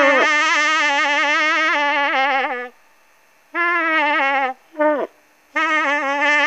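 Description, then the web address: Moose giving loud, drawn-out nasal moans with a wavering pitch. A long call is followed by two shorter ones and another long call, with brief silent gaps between. Cow being harassed. "Moose -Cow Harrassed"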